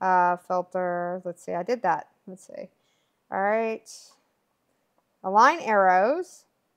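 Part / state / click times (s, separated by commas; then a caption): juicer filter bowl or cover onto the motor base coupling / not seated / none. Someone talks while handling a juicer's plastic filter bowl or cover, lining up its arrows over the motor base coupling before pushing it down. Nothing has seated or clicked yet by the end of the clip.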